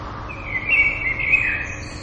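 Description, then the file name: Common blackbird singing one short, rich fluty phrase that slides downward, followed by a brief high-pitched twittering flourish, with soft hiss behind. "merles"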